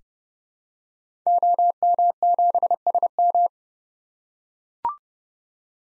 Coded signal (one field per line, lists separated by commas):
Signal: Morse code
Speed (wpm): 31 wpm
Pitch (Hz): 700 Hz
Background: none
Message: OM7SM